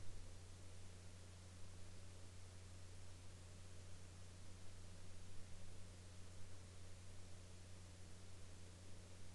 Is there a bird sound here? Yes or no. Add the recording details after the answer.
no. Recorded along the Dempster Highway, Canada, on 3 April 2019 at 02:05. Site 13